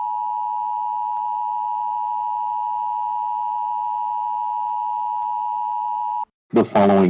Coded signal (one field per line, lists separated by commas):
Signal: Emergency Alert System (SAME) tones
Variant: 853 and 960 Hz attention tone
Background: speech